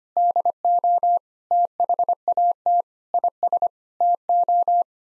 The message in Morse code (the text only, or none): DO THAT IS TO